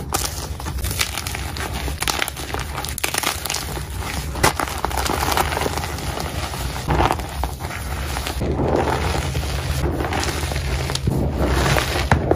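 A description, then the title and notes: A block of gym chalk is crushed and worked by hand, giving a steady stream of dry crinkling, gritty crackles and soft crunching. The grinding runs continuously for the whole stretch with small sharper snaps scattered throughout, over a low steady hum. This is an edit compilation of India the asmr chef's amazing gym chalk crushes.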